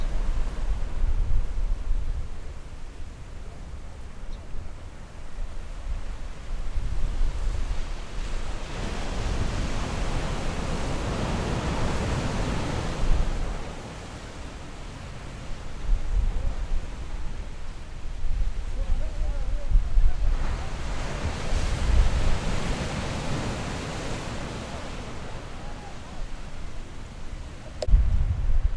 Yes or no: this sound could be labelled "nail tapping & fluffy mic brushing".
no